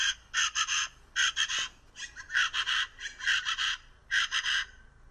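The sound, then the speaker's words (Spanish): A recording of chachalacas: harsh, raspy bird calls repeat in rhythmic bursts, several grating notes per burst with short pauses between, loud and busy like a chorus calling back and forth, with no voices present. “Fíjate, yo no, la verdad es que no ubico muy bien a las chachalacas. Las tuve que buscar en una foto, pero sobre todo puse aquí una grabación.”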